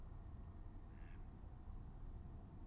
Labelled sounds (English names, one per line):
Mallard